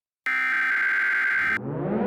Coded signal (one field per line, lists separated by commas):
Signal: Emergency Alert System (SAME) tones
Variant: header bursts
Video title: (Re-upload) EAS Scenario #2: SK-Class